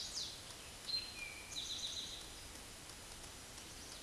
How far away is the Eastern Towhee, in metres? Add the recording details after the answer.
about 35 m. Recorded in a Pennsylvania forest on 17 May 2023 at 12:10. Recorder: AudioMoth, point grid1_24_low. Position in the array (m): 116 m, 213 m